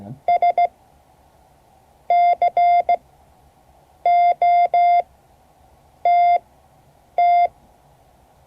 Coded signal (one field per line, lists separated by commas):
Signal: Morse code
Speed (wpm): 16 wpm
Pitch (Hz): 700 Hz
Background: none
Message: SCOTT